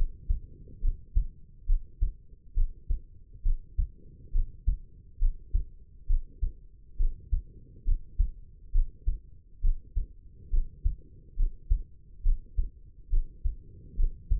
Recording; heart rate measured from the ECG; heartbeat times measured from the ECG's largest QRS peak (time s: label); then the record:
heart sounds by stethoscope; 68 bpm
0.81 s: heartbeat
1.66 s: heartbeat
2.54 s: heartbeat
3.43 s: heartbeat
4.32 s: heartbeat
5.19 s: heartbeat
6.07 s: heartbeat
6.97 s: heartbeat
7.84 s: heartbeat
8.72 s: heartbeat
9.61 s: heartbeat
10.50 s: heartbeat
11.36 s: heartbeat
12.23 s: heartbeat
13.10 s: heartbeat
13.96 s: heartbeat
From the record:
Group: healthy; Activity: rest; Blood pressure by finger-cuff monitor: 108/73 mmHg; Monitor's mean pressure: 84 mmHg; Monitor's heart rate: 68 bpm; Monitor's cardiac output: 5.3 L/min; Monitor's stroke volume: 77 mL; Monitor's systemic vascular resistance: 1180 dyn s/cm5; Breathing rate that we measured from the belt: 18 breaths a minute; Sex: female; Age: 22 years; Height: 160 cm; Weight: 45 kg